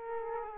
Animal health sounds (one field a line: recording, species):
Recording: mosquito wingbeat signal from an infrared sensor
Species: Aedes aegypti